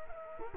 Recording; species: mosquito wingbeat signal from an infrared sensor; Culex quinquefasciatus